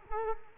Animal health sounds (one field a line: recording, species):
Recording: mosquito wingbeat signal from an infrared sensor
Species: Culex quinquefasciatus